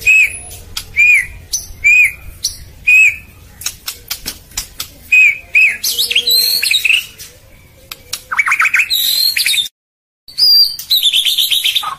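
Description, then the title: White-rumped shama song: short arched whistles repeated about once a second, then varied squeaky phrases and a run of rapid buzzy high notes, with scattered clicks. Masteran (tutor recording) for training caged birds. "MURAI BATU LABAIK"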